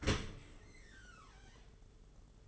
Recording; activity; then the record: daily activity, microphone in the room; open dishwasher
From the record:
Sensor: 4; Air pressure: 992.1 hPa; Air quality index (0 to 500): 110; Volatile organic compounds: 18 ppm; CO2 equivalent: 2628 ppm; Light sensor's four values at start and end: 23/78/28/30 and 23/78/28/30